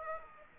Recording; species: mosquito wingbeat signal from an infrared sensor; Aedes aegypti